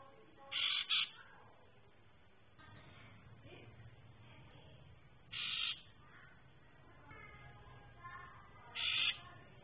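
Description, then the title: Orange-headed thrush calling with a quick pair of harsh, rasping notes, then two more single rasps at intervals of several seconds. "Burung Anis Merah"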